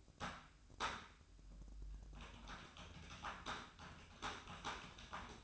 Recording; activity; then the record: daily activity, microphone in the room; typing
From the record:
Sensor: 2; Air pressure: 1007.5 hPa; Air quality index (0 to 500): 43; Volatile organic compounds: 1 ppm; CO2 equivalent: 549 ppm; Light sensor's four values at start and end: 9/22/9/10 and 9/22/9/10